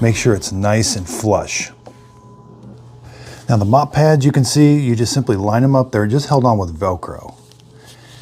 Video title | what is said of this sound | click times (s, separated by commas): Bluearks 19 Pcs Replacement Parts REVIEW for Dreame L10S | And you snap it on, and then these just snap onto place. | 7.5 s, 7.6 s